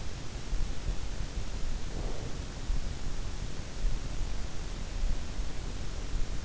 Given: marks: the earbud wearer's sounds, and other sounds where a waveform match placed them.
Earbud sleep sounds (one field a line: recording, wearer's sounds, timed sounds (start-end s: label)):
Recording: sounds in sleep by an in-ear microphone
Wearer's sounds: breath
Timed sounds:
1.54-2.81 s: breath